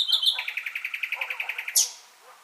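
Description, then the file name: Common nightingale song: a quick pair of notes, then about fourteen evenly repeated pulses in a steady series, ending in one sharp, explosive high note. "Luscinia megarhynchos"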